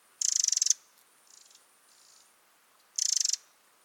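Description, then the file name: Eurasian wren call: two fast, stuttering rattles of rapid ticks, each about half a second, separated by soft, faint churrs. "Troglodytes troglodytes"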